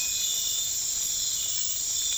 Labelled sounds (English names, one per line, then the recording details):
none
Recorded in dense forest near Puerto Asís, Putumayo, Colombia, on 19 March 2025 at 00:30
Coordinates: 0.485, -76.318
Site G056